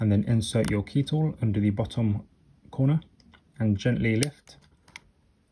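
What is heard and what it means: Someone talks while a key tool is slid under the bottom corner of a plastic alphanumeric keycap on a MacBook Pro (A2141, A2251, A2289 and A2338, Intel and M1), with a finger on top, and gently lifted on either side. After the speech fades, a few faint ticks lead to one sharp click at 5.0 s as the keycap unclips and is released from its scissor-switch mechanism.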